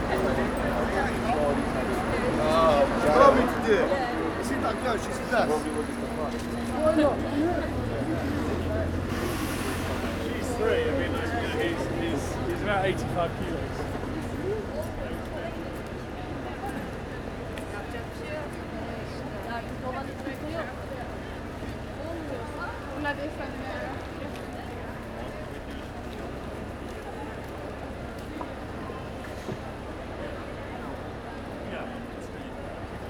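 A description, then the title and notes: Voices of shoppers and lunchtime crowds fill a busy shopping street, a dense, steady murmur with a few voices standing out in the first fifteen seconds. A low engine rumble passes around 7 to 14 seconds, and a faint high whine persists throughout. Busy shopping street while shoppers make their way between stores and office workers are seeking out some lunch. The street is busy with busses moving people around the city.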